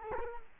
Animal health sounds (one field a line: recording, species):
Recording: mosquito wingbeat signal from an infrared sensor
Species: Culex quinquefasciatus